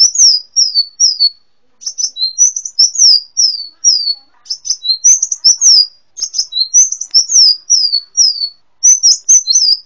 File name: kolibri muncang. omkicau